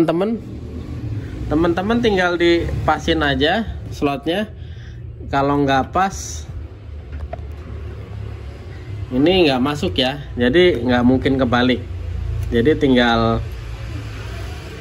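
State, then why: Not seated. A laptop RAM stick is lined up with the notch of the memory slot in an ASUS X452E before insertion; it only fits one way and is not yet pushed home. Someone talks over a steady low rumble, with two faint taps around 7.2 and 7.3 seconds. Nothing has seated or clicked yet.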